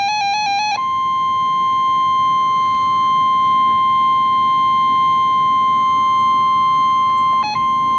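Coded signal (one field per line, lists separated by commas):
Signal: Emergency Alert System (SAME) tones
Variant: 1050 Hz attention tone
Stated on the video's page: Real NOAA Weather Radio alert, a Special Marine Warning.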